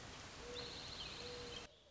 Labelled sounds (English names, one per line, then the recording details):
Mourning Dove
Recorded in Sonoma County, California